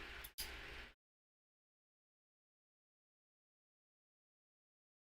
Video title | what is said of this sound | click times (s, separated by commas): Blade Talk Daily ep. 341 (8am CST -06:00UTC) Merry Christmas Eve show! #feliznavidad Join us! | why is that square not clicking into place anywhere? | none